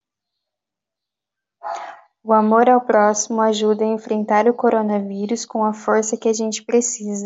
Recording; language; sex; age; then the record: spoken sentence; Brazilian Portuguese; female; 20 to 29 years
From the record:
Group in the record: control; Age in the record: 22 years